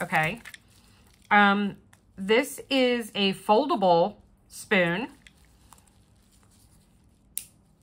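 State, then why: Seated. A small foldable plastic scoop spoon for diamond painting is unfolded, and its arm locks into its open position with one sharp click at 7.4 s, so it snaps into place. Someone talks before it, and faint handling clicks are heard in between.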